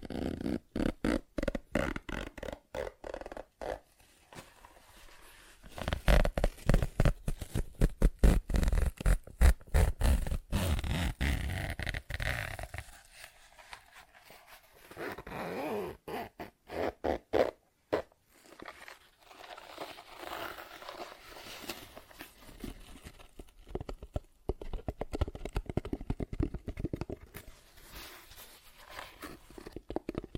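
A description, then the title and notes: ASMR tapping and scratching sounds: rapid, irregular taps and rubbing textures, loudest and densest between six and twelve seconds, quieter clicks afterward. ASMR Tapping, Scratching & Zipper Sounds.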